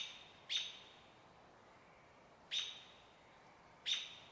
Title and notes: Evening At Trout Creek Campground. 12th of May. still-water riparian area. Cascade Mountains range